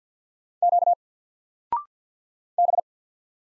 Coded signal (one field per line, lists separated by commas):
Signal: Morse code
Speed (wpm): 50 wpm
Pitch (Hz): 700 Hz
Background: none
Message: Q B